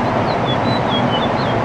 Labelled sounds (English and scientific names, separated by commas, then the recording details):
House Finch (Haemorhous mexicanus) song
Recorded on Long Island, New York, on 13 June 2011
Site MH
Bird B